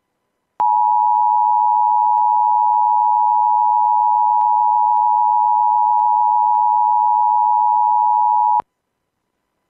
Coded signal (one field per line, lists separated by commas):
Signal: Emergency Alert System (SAME) tones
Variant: 853 and 960 Hz attention tone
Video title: EAS SCENARIO: Terror Up In The Hills